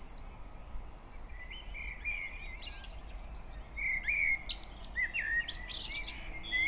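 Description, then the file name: Common blackbird song: warbled phrases, several followed by high squeaky twittering notes, over a steady low background rumble. "Turdus merula"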